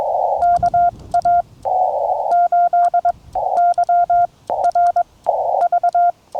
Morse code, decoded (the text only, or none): KA8YRV